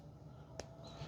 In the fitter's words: Does have a little bit of a a kind of a satisfying little click into place.